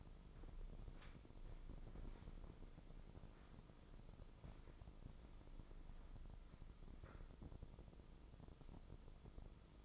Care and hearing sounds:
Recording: daily activity, microphone in the room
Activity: walk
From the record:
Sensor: 5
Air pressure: 996.1 hPa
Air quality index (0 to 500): 248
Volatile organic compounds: 529 ppm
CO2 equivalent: 4856 ppm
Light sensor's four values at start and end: 196/469/200/219 and 196/467/199/218

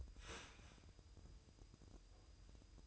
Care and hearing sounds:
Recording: daily activity, microphone in the room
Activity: start toaster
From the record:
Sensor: 2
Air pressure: 988.5 hPa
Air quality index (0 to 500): 192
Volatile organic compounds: 187 ppm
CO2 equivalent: 4170 ppm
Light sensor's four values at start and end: 20/68/26/25 and 20/68/26/25

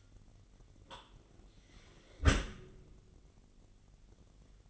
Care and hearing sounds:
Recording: daily activity, microphone in the room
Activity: close dishwasher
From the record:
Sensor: 4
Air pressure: 999.1 hPa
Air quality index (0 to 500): 123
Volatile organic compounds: 2 ppm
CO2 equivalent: 1211 ppm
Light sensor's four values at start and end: 7/17/7/7 and 8/19/7/8

